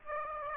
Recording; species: mosquito wingbeat signal from an infrared sensor; Aedes aegypti